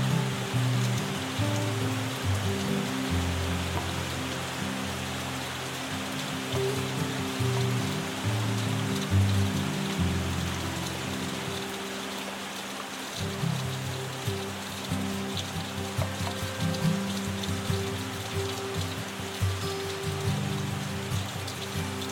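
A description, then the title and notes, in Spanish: Soft, steady rain hisses evenly throughout, a dense wash of fine drops with no breaks. Beneath it, a calm, low melody of sustained tones moves slowly from note to note, staying quiet and constant in level for the whole stretch. Este episodio combina los sonidos relajantes de una lluvia suave con melodías tranquilizadoras. El poder curativo de la lluvia y la música relajante.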